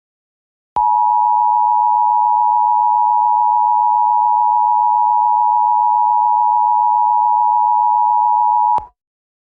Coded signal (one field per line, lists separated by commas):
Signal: Emergency Alert System (SAME) tones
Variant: 853 and 960 Hz attention tone